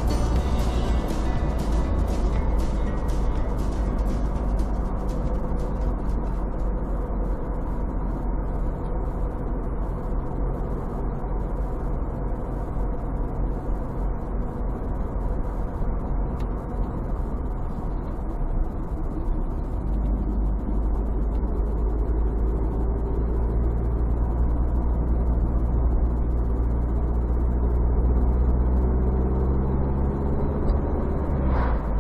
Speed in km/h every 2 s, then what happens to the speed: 57, 53, 50, 48, 47, 47, 47, 46, 43, 38, 38, 41, 43, 43, 48, 53.
0-7 slows to 47. 7-15 steady at about 47. 15-19 slows to 38. 19-32 speeds up to 53.